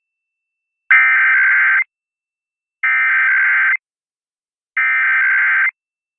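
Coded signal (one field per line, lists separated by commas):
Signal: Emergency Alert System (SAME) tones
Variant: header bursts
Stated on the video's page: Automatic weekly tests.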